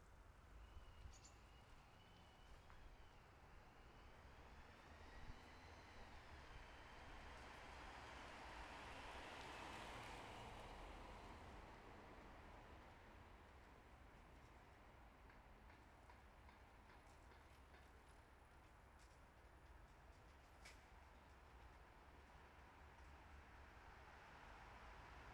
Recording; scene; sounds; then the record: everyday scene through a hearing-aid microphone; in traffic; traffic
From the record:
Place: bus stop on a city main road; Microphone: behind the ear, left, rear